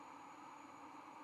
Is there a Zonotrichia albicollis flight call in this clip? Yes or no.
no